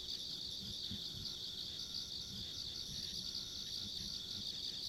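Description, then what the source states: Insects chirring steadily in a high, shimmering chorus with a thinner band above it and low background rumble throughout. Ambient insect sounds along a rural country road.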